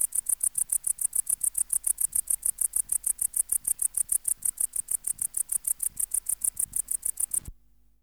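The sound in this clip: Tettigonia hispanica bush-cricket song of quick, high, dry pulses repeated steadily for about seven and a half seconds, then cut off abruptly into silence.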